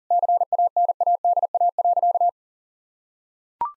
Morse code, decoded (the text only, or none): CANADA.